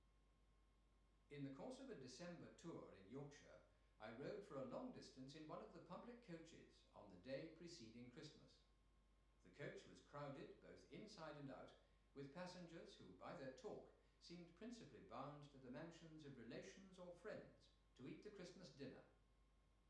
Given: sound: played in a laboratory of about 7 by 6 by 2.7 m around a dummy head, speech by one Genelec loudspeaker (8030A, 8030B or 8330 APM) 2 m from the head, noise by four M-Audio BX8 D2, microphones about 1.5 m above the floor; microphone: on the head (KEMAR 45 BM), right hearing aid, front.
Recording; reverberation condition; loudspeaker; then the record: male speech in English; medium; behind (180 degrees)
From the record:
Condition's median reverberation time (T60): about 510 ms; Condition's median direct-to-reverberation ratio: about -0.5 dB